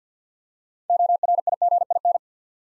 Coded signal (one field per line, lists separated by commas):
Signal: Morse code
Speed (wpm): 50 wpm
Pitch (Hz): 700 Hz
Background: none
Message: ORIGIN